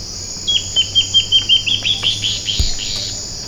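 Bird calling with a fast string of sharp, high chips against a continuous shrill insect hum and a low background hum.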